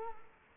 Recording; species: mosquito wingbeat signal from an infrared sensor; Culex quinquefasciatus